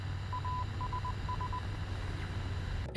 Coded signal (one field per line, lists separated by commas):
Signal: Morse code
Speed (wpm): 20 wpm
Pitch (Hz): 1000 Hz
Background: none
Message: ASS